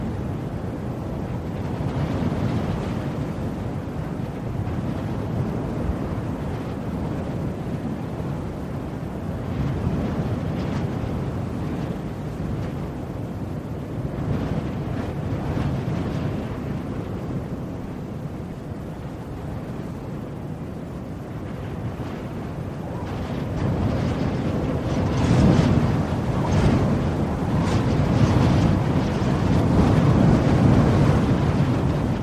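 A cold, blustery wind roars steadily outdoors, a dense low rumble with gusts buffeting the microphone. The wind holds fairly even for the first twenty seconds, then builds into stronger, louder gusts from about 23 seconds to the end.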